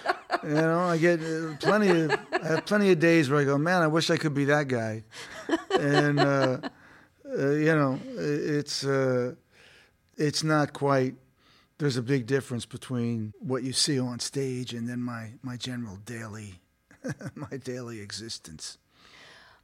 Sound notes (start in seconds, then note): 5.2 laughter; 16.9 laughter